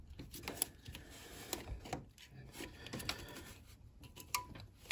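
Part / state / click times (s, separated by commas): connector onto an EGR/throttle body component / seated / 4.4 s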